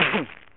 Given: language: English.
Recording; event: throat vibration sensor signal played as sound; cough